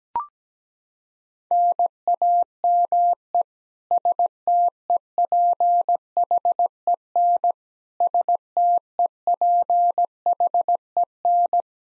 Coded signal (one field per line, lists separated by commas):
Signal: Morse code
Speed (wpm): 17 wpm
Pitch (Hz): 700 Hz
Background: none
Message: NAME STEPHEN STEPHEN